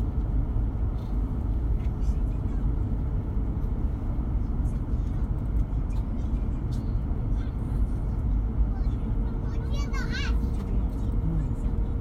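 Aboard a train, a steady low rumble fills the ride while faint voices murmur and a brief chirping squeal rises near ten seconds.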